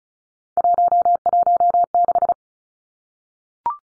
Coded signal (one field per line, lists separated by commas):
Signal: Morse code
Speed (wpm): 34 wpm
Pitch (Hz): 700 Hz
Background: none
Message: 116